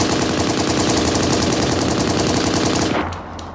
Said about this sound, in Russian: Ответом мне был грохот выстрелов и злой крик. Они снова пошли в атаку.